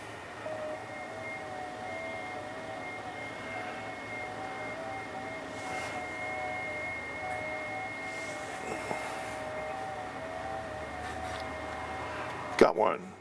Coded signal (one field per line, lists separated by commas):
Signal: FT8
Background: speech